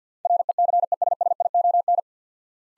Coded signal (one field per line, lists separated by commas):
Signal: Morse code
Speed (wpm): 50 wpm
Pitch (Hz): 700 Hz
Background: none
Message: RECESSION